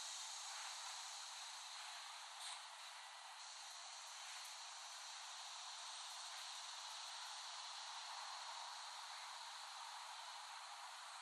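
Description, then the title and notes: Cicadas droning in a continuous broad hiss with faint pulsing texture, fairly quiet and steady. Cicadas in West Brighton, Staten Island, late summer 2008, by Dan Bodah. "Dronecast No. 021: The Cicadas of Summer. Recording of cicadas made by Dan Bodah in West Brighton, Staten Island, late summer 2008"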